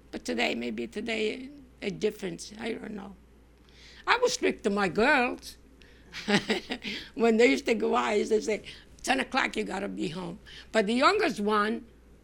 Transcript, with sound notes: But today maybe there's a difference. I don't know. I was strict with my girls. ( she laughs ) When they used to go out I used to say, "Ten o'clock you got to be home." But the youngest one,